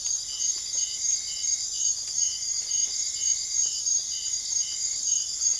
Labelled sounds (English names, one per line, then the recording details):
none
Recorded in secondary vegetation near Puerto Asís, Putumayo, Colombia, on 25 June 2025 at 01:30
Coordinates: 0.500, -76.326
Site GP08